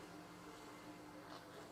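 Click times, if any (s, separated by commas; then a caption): none. The two plastic halves of a curtain eyelet ring are handled and pressed together through the hole in the curtain fabric, with only a steady low hum and faint broadband noise heard. The ring has not snapped shut or seated yet.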